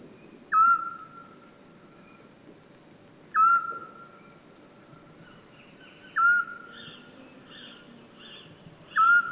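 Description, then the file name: Eurasian scops owl repeating a short, plain whistled note about every three seconds, with a steady high-pitched hum and some faint chirps in the background. Recorded on 27 May 2021 at 22:45 in Francheville. "Hibou-petit-duc 20210527 2245 Francheville"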